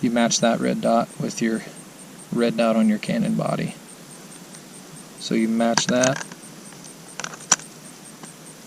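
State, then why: Seated. A Canon DSLR camera body is fitted onto the screw-on EF mount adapter of a spotting scope, with the red index dot on the adapter lined up with the red dot on the body. Someone talks, then after a pause a few small ticks are heard as the body is twisted. A sharp click at 7.5 seconds marks the bayonet lock seating.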